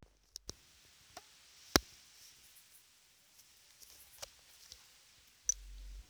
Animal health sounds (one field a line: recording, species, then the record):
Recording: mosquito flight sound by mobile phone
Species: Aedes sierrensis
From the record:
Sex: female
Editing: field recording with all noises